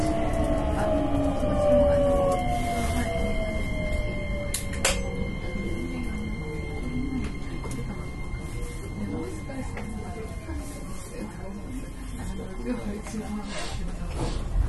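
A 9300 series express train running on the Kyoto Line, with a steady heavy rumble throughout. Tones slide downward in the first few seconds as the motors wind down, while faint steady whines persist above. Sharp clicks and knocks from the wheels punctuate it around five seconds and later.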